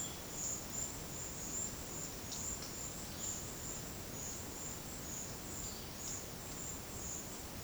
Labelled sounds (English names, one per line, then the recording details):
none
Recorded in secondary vegetation near Puerto Asís, Putumayo, Colombia, on 19 February 2024 at 12:30
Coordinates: 0.472, -76.331
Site G6371